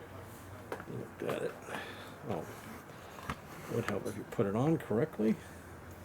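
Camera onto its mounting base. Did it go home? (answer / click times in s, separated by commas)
no / none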